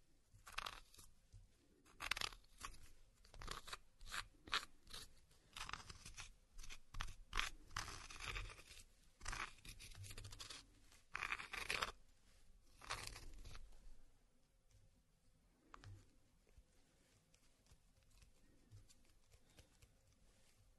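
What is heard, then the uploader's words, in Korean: Walnuts ground by hand make dense, irregular scraping and crunching bursts through the first fourteen seconds, then thinning to sparse quieter scrapes. 호두를 직접 갈아보겠습니다. 손으로 직접 갈아먹는 호두.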